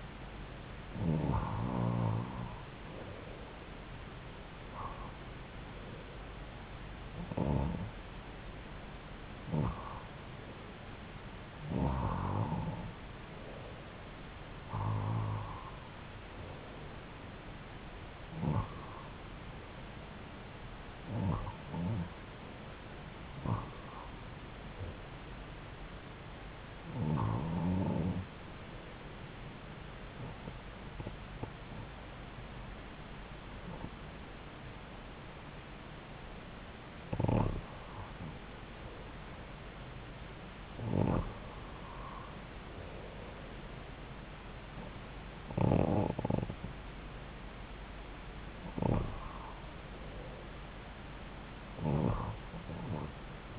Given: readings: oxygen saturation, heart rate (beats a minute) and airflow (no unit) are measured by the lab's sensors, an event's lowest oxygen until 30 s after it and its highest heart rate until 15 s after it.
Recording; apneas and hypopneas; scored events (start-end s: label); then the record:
breathing in sleep by a voice recorder at the bedside; none
none scored
From the record:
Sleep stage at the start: REM sleep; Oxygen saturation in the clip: 90 to 92%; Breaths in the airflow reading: 16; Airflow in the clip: -4.2 to 5.4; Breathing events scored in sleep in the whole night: 270 in 6.1 hours asleep